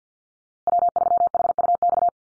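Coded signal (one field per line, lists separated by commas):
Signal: Morse code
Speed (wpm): 50 wpm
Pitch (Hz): 700 Hz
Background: none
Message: W3HUX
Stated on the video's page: Call sign head-copy drill at 50 wpm, each call sign sent twice in Morse, then spoken, then sent again.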